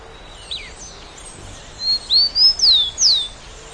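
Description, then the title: Bird song: a rapid phrase of five bright, high whistled slurs, some rising and some falling, following a soft opening note. "LuckyPassaro Completos2Sama"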